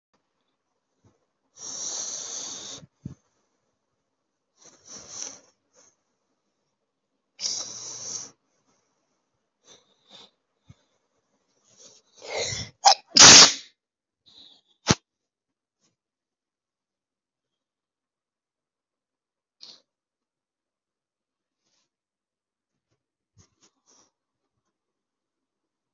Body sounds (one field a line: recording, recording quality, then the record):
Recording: shallow breathing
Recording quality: excellent, no background noise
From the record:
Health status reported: healthy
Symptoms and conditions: none ticked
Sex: male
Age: 52 years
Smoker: not ticked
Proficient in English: yes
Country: India